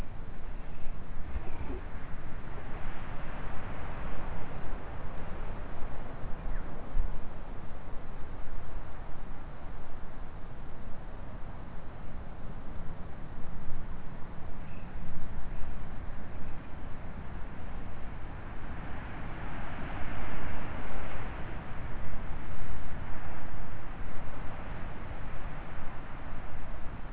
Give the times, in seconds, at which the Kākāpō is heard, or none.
none